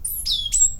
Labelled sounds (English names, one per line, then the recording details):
Stitchbird song
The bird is a male
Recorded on Tiritiri Matangi Island, New Zealand, in 2005
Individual 22, of nest box 31